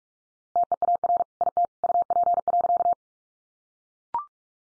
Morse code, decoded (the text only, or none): TEAR IT UP.